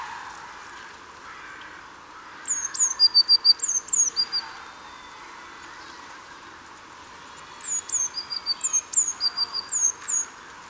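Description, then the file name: Eurasian blue tit calling in two bursts, each a few thin high descending notes followed by quick lower buzzy trills, with quiet gaps between, over a steady low background hiss. "Cyanistes caeruleus"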